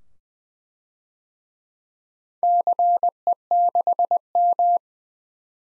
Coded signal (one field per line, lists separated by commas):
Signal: Morse code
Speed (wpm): 21 wpm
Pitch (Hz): 700 Hz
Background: none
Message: CE6M